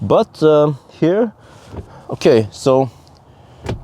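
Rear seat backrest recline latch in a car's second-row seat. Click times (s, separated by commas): 3.7 s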